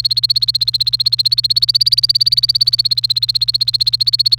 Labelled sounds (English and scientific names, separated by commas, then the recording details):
Domestic Canary (Serinus canaria) song
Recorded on 28 April 2018 at 15:05
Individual llb3